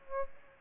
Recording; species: mosquito wingbeat signal from an infrared sensor; Aedes aegypti